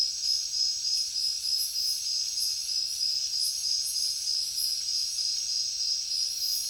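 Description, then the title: Crickets in a dense chorus, a steady high shrill trill with fast pulsing and a rhythmic swell about three times a second, no other sounds standing out. Heavy cricket chorus at night in a jungle. "alex productions ambient music nature. Jungle night heavy crickets"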